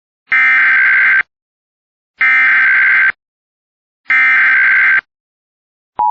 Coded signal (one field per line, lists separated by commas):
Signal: Emergency Alert System (SAME) tones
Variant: header bursts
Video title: (BASED ON REAL ALERT) Amber Alert Issued Statewide! Real EAS mock.